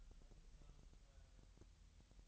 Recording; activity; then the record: daily activity, microphone in the room; take from stove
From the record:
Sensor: 3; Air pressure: 1001.9 hPa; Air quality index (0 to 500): 248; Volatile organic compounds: 50 ppm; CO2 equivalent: 3295 ppm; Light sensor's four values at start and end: 6/15/6/6 and 6/15/6/6